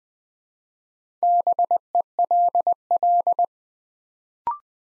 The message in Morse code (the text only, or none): BELL